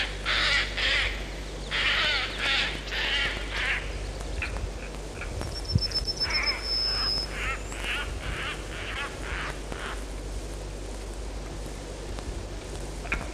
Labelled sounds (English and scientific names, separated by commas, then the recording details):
European Roller (Coracias garrulus)
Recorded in the wild
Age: adult
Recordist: Meyer, Hugo